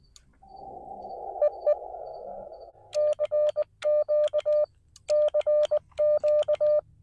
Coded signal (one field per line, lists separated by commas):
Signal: Morse code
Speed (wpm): 19 wpm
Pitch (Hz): 600 Hz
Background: none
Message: EE CQ CQ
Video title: Morse Code POTA Activation 9/24/24